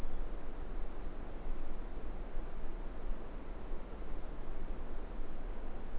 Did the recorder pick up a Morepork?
no